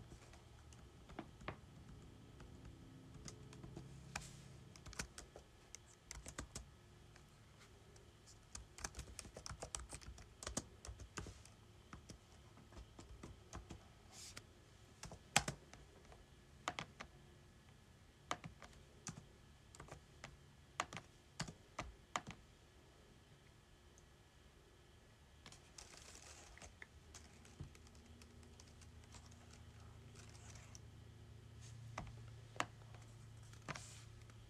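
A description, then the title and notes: Typing on a keyboard clicks along in irregular bursts, with sharper isolated taps around 10 and 15 seconds. A soft, low hum sits underneath throughout, and a brief papery rustle near 26 seconds suggests a page being flipped. Flipping Pages and Typing on Keyboard.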